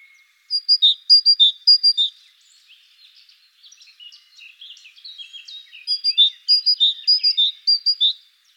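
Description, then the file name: Great tit repeating loud two-note phrases, a stretch of softer varied twittering, then the see-saw phrases return strongly. Recorded in the Netherlands. "mesange charbonniere hollande"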